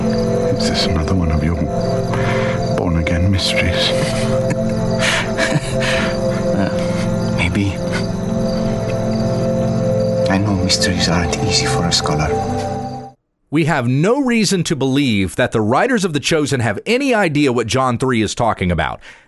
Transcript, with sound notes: Is this another one of your born again mysteries?
(Laughs.) Maybe. I know mysteries aren’t easy for a scholar.
We have no reason to believe that the writers of The Chosen have any idea what John 3 is talking about.